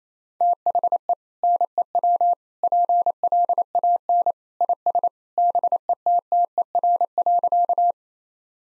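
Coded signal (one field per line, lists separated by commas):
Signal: Morse code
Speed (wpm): 28 wpm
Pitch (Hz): 700 Hz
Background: none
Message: THE NEW PLAN IS BETTER.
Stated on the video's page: Morse practice at 28 wpm: sentences built from common two-word phrases for head-copy, each sent in Morse, spoken, then sent again.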